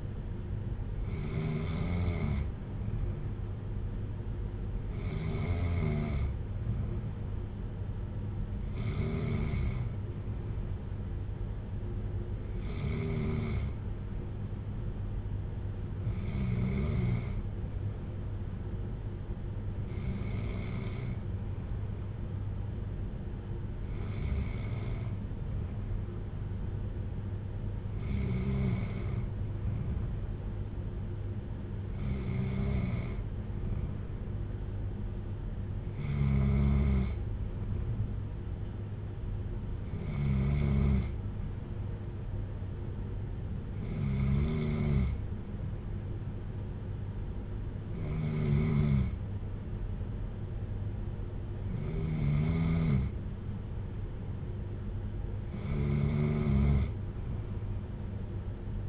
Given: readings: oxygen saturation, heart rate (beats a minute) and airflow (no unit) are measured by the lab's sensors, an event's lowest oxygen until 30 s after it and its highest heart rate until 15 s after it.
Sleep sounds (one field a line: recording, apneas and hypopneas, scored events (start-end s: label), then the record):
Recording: breathing in sleep by a smartphone at the bedside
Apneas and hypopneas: none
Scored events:
none scored
From the record:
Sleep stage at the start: N2 (light sleep)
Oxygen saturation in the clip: 94 to 95%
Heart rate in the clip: 55 to 60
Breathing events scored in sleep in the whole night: 310 in 8.1 hours asleep